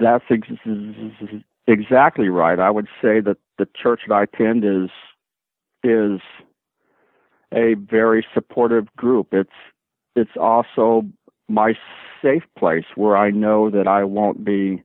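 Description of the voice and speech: Adult male speech with a long sound prolongation, stretched vowels, a silent block and broken words, typical of stuttering.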